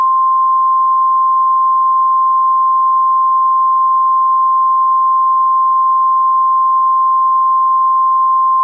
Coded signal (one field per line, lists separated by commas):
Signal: Emergency Alert System (SAME) tones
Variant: 1050 Hz attention tone